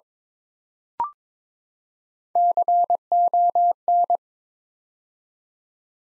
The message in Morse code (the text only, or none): CON